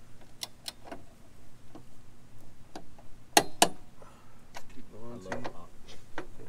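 A click-type torque wrench tightens the first of two 18 mm bolts in the rear subframe of an S550 Mustang to 66 ft-lb. Faint ticks are heard, then a loud, short double click at 3.4 s and 3.6 s as the wrench reaches its setting. Someone talks near the end.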